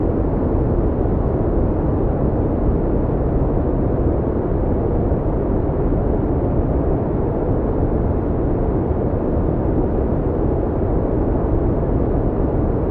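Smooth brown noise, a deep, low rumble that holds perfectly steady for the whole stretch. The sound is dense and weighted toward the bass, with little brightness above the middle range and no separate events or background sounds.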